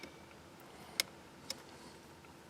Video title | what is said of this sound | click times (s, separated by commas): Start-X Remote Start Install 18-20+ Jeep Wrangler JL & Gladiator JT | it only goes one way. Make sure it clicks into position. | 1.0 s